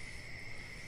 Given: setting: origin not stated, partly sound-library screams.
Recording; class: one-second piece from a danger detection set; normal situation